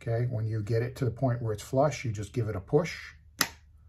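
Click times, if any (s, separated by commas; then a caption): 3.4 s. Someone talks while the internal camera module of a Wyze Cam V3 security camera, reassembled after its microphone was disconnected, is pressed back into its plastic housing until flush. A final push makes it snap into place with a single sharp click at 3.4 s, and the module is seated.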